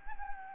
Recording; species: mosquito wingbeat signal from an infrared sensor; Anopheles gambiae